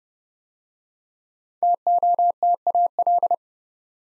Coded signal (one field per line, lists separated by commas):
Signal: Morse code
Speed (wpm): 30 wpm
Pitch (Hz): 700 Hz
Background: none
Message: TOTAL